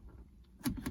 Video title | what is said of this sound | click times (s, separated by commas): 2001 Dodge Durango Center Console Repair | then you just click it in place and boom. It should click right into place. | 0.7 s